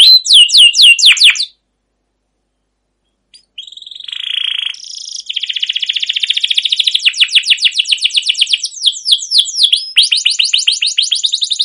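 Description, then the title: Canary singing: several sharp downslurred notes, a pause of about two seconds, then a long buzzy trill flowing into a rapid rolling series of high chirps. Canary singing a long rolling song with cuit-cuit notes, in top singing form, used to prompt other canaries to sing. "CUIT CUIT NGEROL LANGSUNG GACOR PANJANG Kenari Ini AMPUH Utk Pancingan KENAR"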